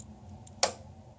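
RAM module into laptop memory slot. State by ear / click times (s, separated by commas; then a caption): seated / 0.6 s. A laptop RAM module is pushed down into its memory slot until the retaining latch on one side clicks. After quiet low background hum, a faint tick comes at 0.5 s. A sharp, loud click follows at 0.6 s and the latch seats, so one side is done.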